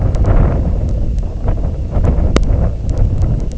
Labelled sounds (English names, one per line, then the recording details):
none
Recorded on Arctic tundra, site IGLO-D, on 19 June 2018
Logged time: 22:00